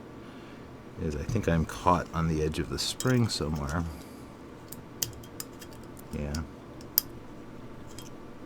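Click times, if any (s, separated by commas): 7.0 s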